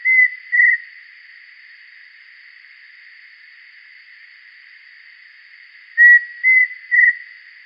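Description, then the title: Pheasant cuckoo giving two whistled notes, a silence of about five seconds, then a three-note whistled phrase; steady background hiss. "LuckyPassaro Completos2Sama. Pheasant Cuckoo (Dromococcyx phasianellus)"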